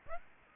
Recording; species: mosquito wingbeat signal from an infrared sensor; Aedes aegypti